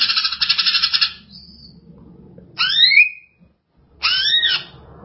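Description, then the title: Greater green leafbird: a scratchy chatter, then two clear whistled phrases that sweep up and down. "Cucak ijo"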